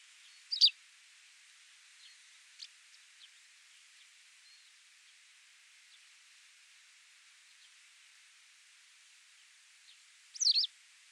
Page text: Louis A. Hansen - Белая трясогузка (Motacilla alba)